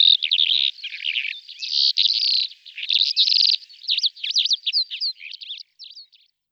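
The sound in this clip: Calandra lark pouring out a dense, scratchy warble of whistles, buzzes and quick slurred notes, with brief pauses, the phrases thinning toward the end.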